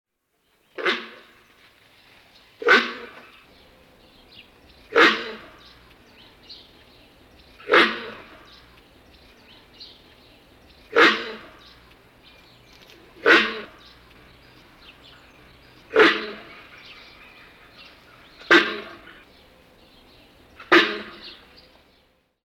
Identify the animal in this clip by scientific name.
Connochaetes gnou